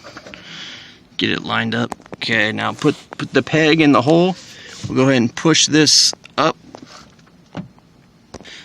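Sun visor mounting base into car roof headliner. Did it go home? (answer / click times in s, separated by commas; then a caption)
no / none. A plastic sun visor mounting base for a 2008–2017 Honda Accord is lined up against the car roof headliner, its peg put into the hole and the base pushed up into position before being twisted to lock. Someone talks through most of the clip, followed by a few faint handling taps near the end. Nothing has seated or clicked yet.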